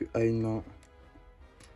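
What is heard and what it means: A small red plastic LEGO droid arm is being handled one-handed, about to be clipped onto a brick workbench built from an Advent-calendar set. Someone talks over faint handling sounds. Nothing has seated or clicked yet.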